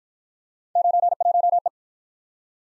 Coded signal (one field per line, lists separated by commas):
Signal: Morse code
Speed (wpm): 54 wpm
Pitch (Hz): 700 Hz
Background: none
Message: 91E